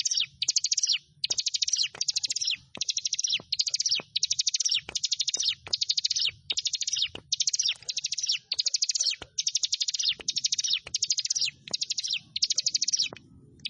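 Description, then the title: Bar-winged prinia delivering a long run of rapid, high chattering phrases in quick succession, with frequent clicks punctuating the gaps. "Ciblek Sawah 1"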